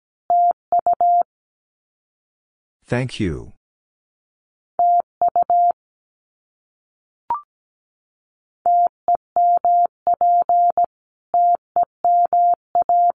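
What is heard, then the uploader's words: Morse code beeps in a steady mid-pitched tone, sent in short bursts of dots and dashes with silent gaps between groups. Around three seconds a brief noisy burst, like a short voice or rustle, cuts in, and a faint click follows near seven seconds. Abbreviations Repeated 3x - 17wpm. First, it is sent three times in Morse code. Then it is spoken. Finally, it is sent again in Morse code.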